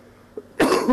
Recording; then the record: coughing mixed with background sound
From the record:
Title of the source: Coughing 77